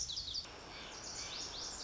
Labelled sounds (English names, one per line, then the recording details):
Lazuli Bunting
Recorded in Sonoma County, California